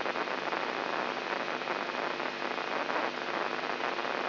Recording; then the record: brain microelectrode recording played as sound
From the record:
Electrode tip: inside the subthalamic nucleus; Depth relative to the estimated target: -2 mm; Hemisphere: right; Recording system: AlphaMap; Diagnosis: Parkinson's disease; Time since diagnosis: 11 years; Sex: male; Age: 67 years